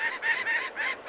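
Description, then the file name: Falcon calling: a quick series of five harsh, nasal notes, each lasting a fraction of a second, delivered in steady succession. "the kings falcon"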